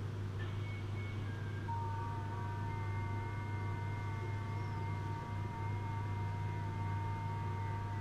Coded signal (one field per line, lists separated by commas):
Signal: FT8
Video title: W3WRC Field Day 2023 operating CW and SSB